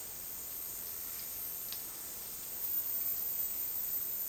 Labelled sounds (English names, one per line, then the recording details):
none
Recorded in dense forest near Puerto Asís, Putumayo, Colombia, on 18 February 2024 at 12:00
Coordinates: 0.466, -76.327
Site G6413